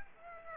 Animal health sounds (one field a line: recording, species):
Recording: mosquito wingbeat signal from an infrared sensor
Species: Aedes aegypti